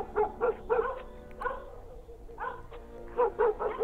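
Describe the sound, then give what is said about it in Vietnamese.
Dogs in a village neighbourhood bark at night in short, irregular bursts, a few sharp yaps at a time separated by brief pauses, then howl eerily, fairly loud over a faint background hum. “Sau hôm ấy, tối nào, chó ở trong xóm cũng sủa nhát gừng, rồi rú lên ghê rợn.”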